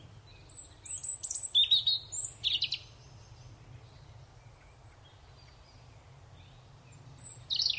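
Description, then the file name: European robin song: high, thin warbled phrases with sliding whistles for about two seconds, a long quiet gap, then another brief high phrase at the end. "Erithacus rubecula"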